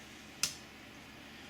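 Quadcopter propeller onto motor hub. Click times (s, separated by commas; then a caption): 0.4 s. A plastic propeller on a 350 QX3 AP Combo quadcopter, its arrow lined up with the arrow on the motor, is pressed down onto the motor hub. A single sharp snap sounds at 0.4 s over a quiet background. The propeller seats into place on the hub.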